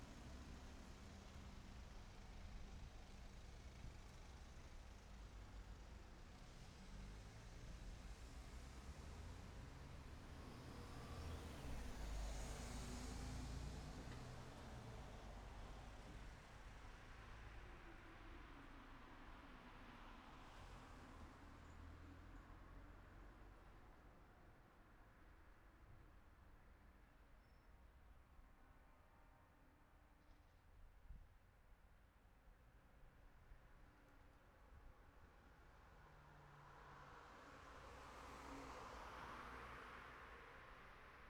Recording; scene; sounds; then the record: everyday scene through a hearing-aid microphone; in traffic; traffic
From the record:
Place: city secondary road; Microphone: behind the ear, right, front